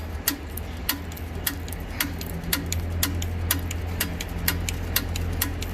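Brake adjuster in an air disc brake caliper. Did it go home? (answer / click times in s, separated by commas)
released / 2.5 s, 3.0 s, 3.5 s, 4.5 s, 5.0 s, 5.4 s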